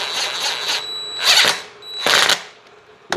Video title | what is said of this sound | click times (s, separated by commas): How to: LED strip install on the Nosfet Aero | Snap in place. | 3.1 s